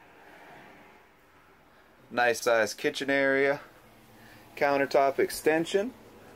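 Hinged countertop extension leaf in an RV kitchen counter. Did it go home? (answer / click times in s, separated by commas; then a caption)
no / none. A hinged countertop extension leaf in the kitchen counter of a 2014 Citation 29 TB RV is handled. After about two seconds of low background hum, someone talks, and the extension has not yet locked in place by the end; nothing has seated or clicked yet.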